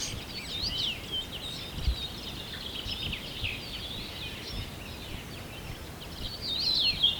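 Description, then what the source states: Many birds twittering and chirping at once, a continuous high chorus that grows sharper and louder in the last second. At sunrise.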